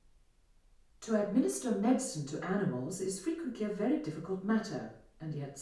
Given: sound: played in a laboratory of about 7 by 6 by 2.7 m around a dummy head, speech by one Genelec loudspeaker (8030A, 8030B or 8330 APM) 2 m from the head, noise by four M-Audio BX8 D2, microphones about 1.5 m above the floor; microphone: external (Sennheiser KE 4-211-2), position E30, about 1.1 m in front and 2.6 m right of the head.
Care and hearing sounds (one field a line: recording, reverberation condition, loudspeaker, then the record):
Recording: female speech in English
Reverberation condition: medium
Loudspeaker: behind (180 degrees)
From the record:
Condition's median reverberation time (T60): about 510 ms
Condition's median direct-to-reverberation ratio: about -0.5 dB